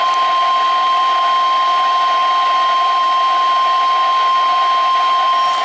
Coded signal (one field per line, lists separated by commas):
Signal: Emergency Alert System (SAME) tones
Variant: 1050 Hz attention tone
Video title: RWT on FOUR stations! | EAS #116 - 119